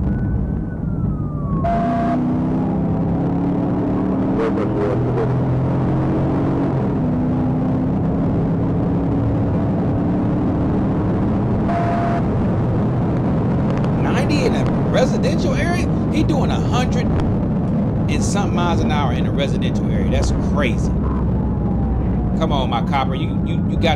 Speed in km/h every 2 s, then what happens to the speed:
69, 90, 116, 129, 135, 148, 161, 153, 147, 137, 111, 108.
0-12 speeds up to 161. 12-24 brakes to 108.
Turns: none.